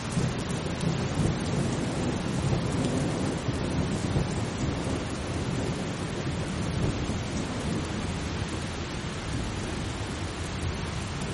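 Steady, dense rain falls without pause, with a deep continuous rumble underneath like distant thunder rolling, the level holding constant throughout.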